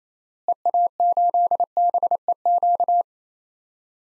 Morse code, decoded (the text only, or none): EA8BEQ